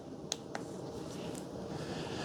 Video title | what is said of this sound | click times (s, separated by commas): AnkerWork M650 Wireless Lavalier Microphone With Noise Cancellation Review Works Great!!! | so again you're going to turn it to the lock position you'll kind of hear it snap that's in the lock position | 0.3 s